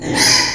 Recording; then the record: squeal of a Yucatan mini pig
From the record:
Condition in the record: before surgery on the right vocal fold (resection and tissue-engineered implant); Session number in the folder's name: 2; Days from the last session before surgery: 0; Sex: male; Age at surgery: 12 weeks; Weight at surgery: 13 kg